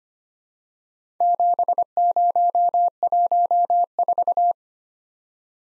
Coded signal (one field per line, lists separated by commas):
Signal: Morse code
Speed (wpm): 25 wpm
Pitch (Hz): 700 Hz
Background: none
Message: 7014